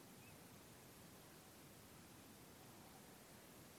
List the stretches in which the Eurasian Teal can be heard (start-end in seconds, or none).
0.21-0.34